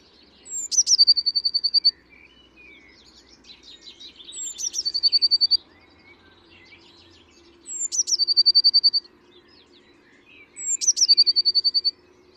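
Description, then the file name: Eurasian blue tit singing four phrases: high thin introductory notes followed by a quick trill, repeated roughly every three seconds, with soft chatter between and a low hum. "Cyanistes caeruleus"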